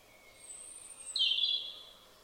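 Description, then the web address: European robin song: a very high thin whistle drops into a louder, sweet warbling phrase that fades out slowly, with light background hiss. "Deverinetal 2025 File origin Bird Only Er Ru"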